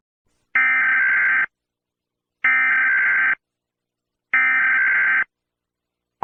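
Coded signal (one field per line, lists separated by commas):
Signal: Emergency Alert System (SAME) tones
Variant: header bursts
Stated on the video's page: Accidental EAS activation.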